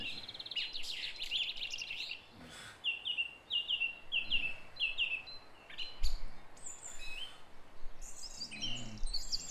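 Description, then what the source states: Song thrush song: a bright high phrase, then a short note repeated several times in a row, followed by further varied whistles and a few low knocks. Recorded at 06:00.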